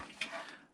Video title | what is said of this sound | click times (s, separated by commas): Complete Step by Step Budget PC Build 2019 / 2020 | we got her snapped into place | 0.2 s